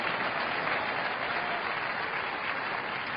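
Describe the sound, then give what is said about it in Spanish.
An audience applauding Christ in a steady, dense wash of clapping that holds at an even level for the full three seconds, with no voices standing out. “Aplauda a Cristo y alabe a Cristo y adore a Cristo.”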